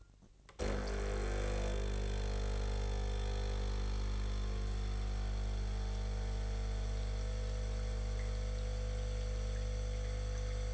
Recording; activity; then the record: daily activity, microphone in the room; make coffee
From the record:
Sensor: 4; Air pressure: 1008.2 hPa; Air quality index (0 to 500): 118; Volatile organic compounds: 1 ppm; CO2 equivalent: 863 ppm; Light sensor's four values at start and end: 8/17/7/7 and 10/21/9/9